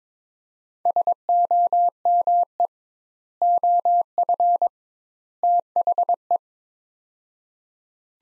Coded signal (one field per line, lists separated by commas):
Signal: Morse code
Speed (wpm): 22 wpm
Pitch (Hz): 700 Hz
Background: none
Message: SOME OF THE